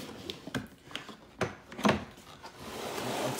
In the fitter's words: this bad boy home. Two clicks on each side, here and here, and this is what we got.